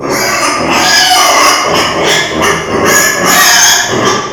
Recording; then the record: squeal of a Yucatan mini pig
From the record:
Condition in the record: before surgery on the right vocal fold (resection and tissue-engineered implant); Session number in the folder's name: 2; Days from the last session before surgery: 0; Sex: male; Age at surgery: 12 weeks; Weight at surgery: 13 kg